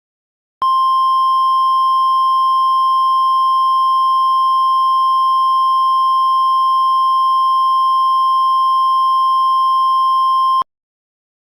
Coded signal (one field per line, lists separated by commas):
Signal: Emergency Alert System (SAME) tones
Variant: 1050 Hz attention tone